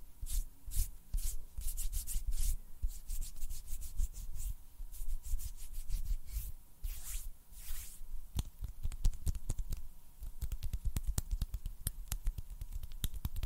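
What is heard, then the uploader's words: Hand sounds: sharp snaps and clicks come irregularly, thickening into a quick, dense patter after eight seconds. ASMR HAND SOUNDS AND SNAPPING - NO TALKING.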